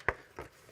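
During PC modding, a small mod part is lined up and pushed in with light force until it snaps into its mount or housing with a sharp click at 0.1 s, followed by a softer tap at about 0.4 s. The part is seated, and this is a clean, good click, unlike the earlier weaker ones.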